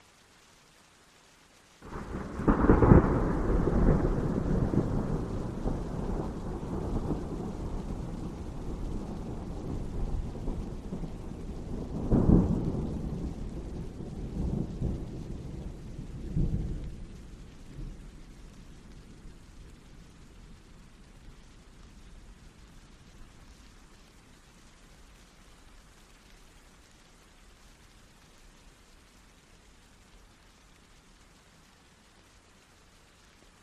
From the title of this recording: Soothing Rain Sounds